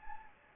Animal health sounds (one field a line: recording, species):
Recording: mosquito wingbeat signal from an infrared sensor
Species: Anopheles gambiae